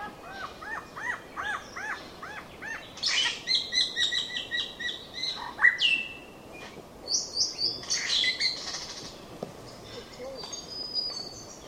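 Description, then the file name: Tooth-billed bowerbird song: a series of arched whistled notes leading into a busy mix of harsh chatter and bright whistles, with steady hiss behind. "Scenopoeetes Dentirostris"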